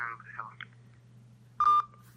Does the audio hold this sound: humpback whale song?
no